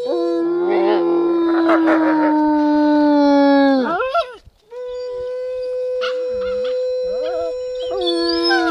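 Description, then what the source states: Wolf howling: a long, steady, slightly falling howl ends in a brief break, then a second level, sustained howl with another voice faintly overlapping. Wolf howls and snarls.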